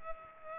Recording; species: mosquito wingbeat signal from an infrared sensor; Culex pipiens